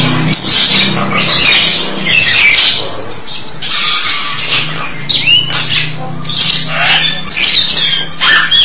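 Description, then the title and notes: Starling song: harsh squawks and screechy phrases alternating with quick sliding whistles. "suara burung jalak"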